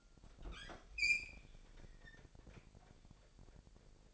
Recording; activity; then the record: daily activity, microphone in the room; open fridge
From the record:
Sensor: 5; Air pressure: 1002.1 hPa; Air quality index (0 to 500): 217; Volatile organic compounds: 25 ppm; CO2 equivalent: 2825 ppm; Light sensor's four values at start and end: 9/22/9/10 and 10/24/10/11